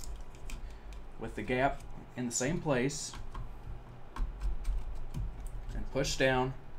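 A second stick of RAM is lined up with its notch matching the motherboard DIMM slot and pushed down while someone talks, with light ticks and taps of handling throughout. Nothing has seated or clicked yet; the module is not yet home in the slot.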